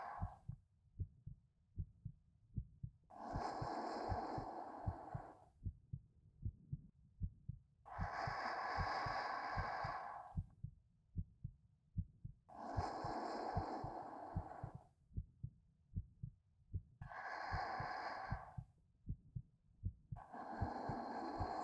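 Steady, rapid low thumps of a heartbeat run throughout, heard close up. Slow, soft breaths, about thirteen a minute, rise and fall over the beats. The heartbeat of an adult woman playing a big sister in a roleplay.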